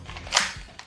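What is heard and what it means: A hex tool is placed back into the tool compartment of a 7-round Byrna launcher magazine, and the compartment cover is shut. A loud, sharp snap at 0.4 s marks the cover seating closed, followed by a faint tick near 0.8 s.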